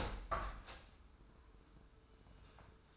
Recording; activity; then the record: daily activity, microphone in the room; open window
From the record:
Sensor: 2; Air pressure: 995.6 hPa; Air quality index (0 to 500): 88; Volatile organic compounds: 4 ppm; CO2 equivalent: 1609 ppm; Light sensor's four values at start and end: 24/76/30/29 and 24/77/30/29